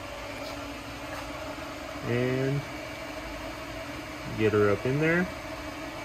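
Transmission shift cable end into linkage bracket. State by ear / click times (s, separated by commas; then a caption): not seated / none. A transmission shift cable end is being worked up into its linkage bracket, where a steel shifter cable locking clip will hold it. Over a steady low hum, someone talks briefly around 2.1 to 2.6 seconds and again from about 4.3 to 5.3 seconds. The cable end has not seated or clicked in yet.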